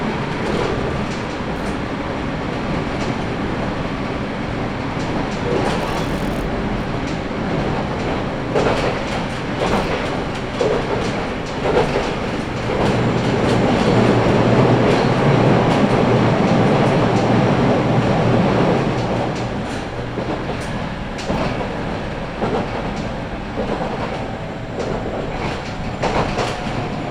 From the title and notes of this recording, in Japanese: 音の旅 佐世保線 有田→北方。普通列車鳥栖行きに乗車します。